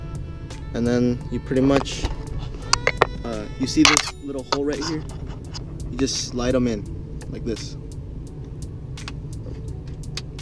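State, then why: Seated. Someone talks while sliding a bent metal radio removal key into the small release hole on the face of an Audi Concert car radio, during a Dension GBL3AU2 Bluetooth install. A few sharp ticks come at about 2.7–3.0 s, then soft scraping as the key goes in. The release clip engages with a click at 10.2 s, seating the key.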